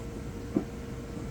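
A hull section of an Astute-class RC model submarine is handled as it is slid back on, meant to make the forward dive planes spring out and lock into their deployed position. Over a low, steady background, one short thump is heard at about 0.6 s. Nothing has seated or clicked yet; the dive planes have not locked.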